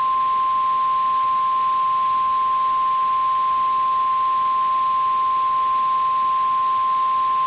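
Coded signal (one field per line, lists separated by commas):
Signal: Emergency Alert System (SAME) tones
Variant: 1050 Hz attention tone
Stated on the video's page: Fictional scenario of a Florida power plant meltdown; tones are likely valid.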